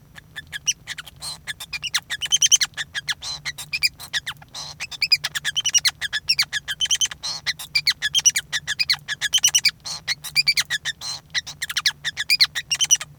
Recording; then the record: song of a male Bengalese finch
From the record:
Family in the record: son of father 5